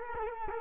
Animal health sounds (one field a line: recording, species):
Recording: mosquito wingbeat signal from an infrared sensor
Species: Culex quinquefasciatus